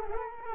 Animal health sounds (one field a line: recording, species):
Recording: mosquito wingbeat signal from an infrared sensor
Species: Culex quinquefasciatus